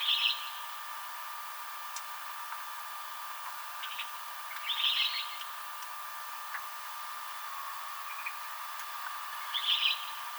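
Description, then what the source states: Western kingbird giving three brief, sharp, buzzy call bursts spread roughly five seconds apart, with quiet ticks between and a faint steady hum. Recorded on 7 July 2007.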